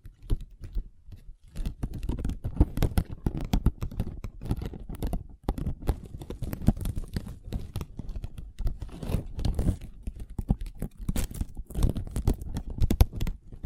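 Long nails tap and scratch across a tabletop in a dense, busy stream of clicks and rasps, mostly low and dull with occasional brighter, sharper scrapes. The rhythm is uneven, with brief pauses near the start and around five seconds before the scratching picks up again.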